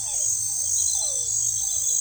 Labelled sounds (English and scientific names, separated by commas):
none